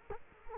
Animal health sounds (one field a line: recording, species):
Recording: mosquito wingbeat signal from an infrared sensor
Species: Culex quinquefasciatus